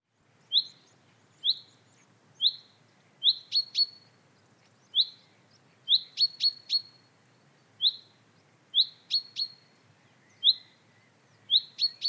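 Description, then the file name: Common chaffinch calling, single short rising chips alternating with quick bursts of a chip followed by two sharp notes, fairly steady pace, quiet background. "Fringilla coelebs"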